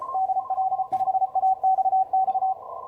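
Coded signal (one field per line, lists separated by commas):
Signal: Morse code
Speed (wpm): 33 wpm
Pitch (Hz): 760 Hz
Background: radio noise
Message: DL5AXX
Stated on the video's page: DX contacts in the CQ WW WPX CW contest at 10 watts, using low end-fed long-wire antennas on 20m and 40m, six feet above ground.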